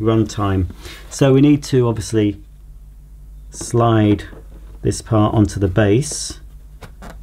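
Someone talks while handling the plastic upper part of a Shark Wandvac cordless vacuum's charging dock, about to slide it onto the dock base, with faint handling noises between phrases. The clip ends before the part goes home, so nothing has seated or clicked yet.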